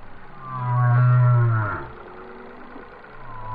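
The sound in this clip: Whale song: one sustained, deep moan lasting about a second, followed by fainter low tones.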